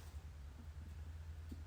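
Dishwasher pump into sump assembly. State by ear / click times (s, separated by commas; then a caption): not seated / none. A dishwasher pump is rehooked and lined up against the plastic sump before being pushed in. Only a steady low hum and faint hiss are heard, with a couple of soft handling bumps near 0.6 s and 1.5 s. Nothing has seated or clicked yet.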